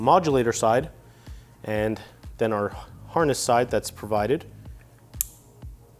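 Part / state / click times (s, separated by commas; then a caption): brake light modulator connector into its wiring harness connector / seated / 5.2 s. Someone talks while the plastic connector of a brake light modulator is pushed into its supplied wiring harness connector during installation on a 2022+ Yamaha XSR900. A single sharp, loud click at 5.2 s marks the connector seating.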